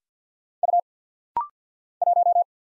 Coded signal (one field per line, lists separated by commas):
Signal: Morse code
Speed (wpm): 48 wpm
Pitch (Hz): 700 Hz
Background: none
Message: U 1